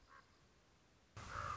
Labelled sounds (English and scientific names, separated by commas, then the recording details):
Common Raven (Corvus corax)
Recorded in Sonoma County, California